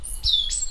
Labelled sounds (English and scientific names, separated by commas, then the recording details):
Stitchbird (Notiomystis cincta) song
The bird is a male
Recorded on Tiritiri Matangi Island, New Zealand, in 2005
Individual 10, of nest box 12